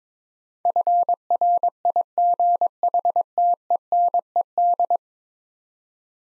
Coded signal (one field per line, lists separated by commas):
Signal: Morse code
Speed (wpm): 22 wpm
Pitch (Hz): 700 Hz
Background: none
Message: FRIGHTENED